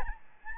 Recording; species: mosquito wingbeat signal from an infrared sensor; Aedes albopictus